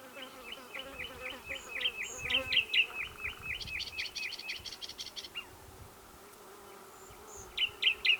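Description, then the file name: Common nightingale singing a rapid series of repeated chevron notes, then a fast buzzy trill of higher notes, with a long pause before a few loud sharp notes return. "Luscinia megarhynchos"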